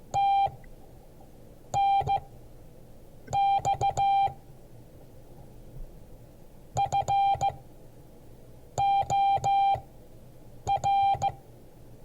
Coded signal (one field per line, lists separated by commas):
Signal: Morse code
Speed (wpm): 15 wpm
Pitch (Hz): 790 Hz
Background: none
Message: TNX FOR